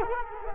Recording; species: mosquito wingbeat signal from an infrared sensor; Culex quinquefasciatus